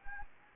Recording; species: mosquito wingbeat signal from an infrared sensor; Anopheles gambiae